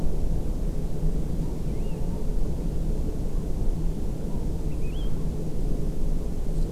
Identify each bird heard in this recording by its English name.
Wood Lark